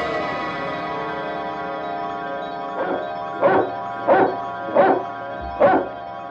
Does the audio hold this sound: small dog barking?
yes